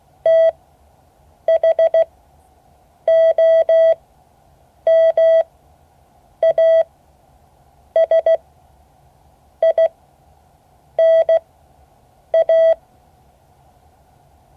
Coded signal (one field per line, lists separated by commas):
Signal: Morse code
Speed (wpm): 16 wpm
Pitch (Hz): 650 Hz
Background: none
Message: THOMASINA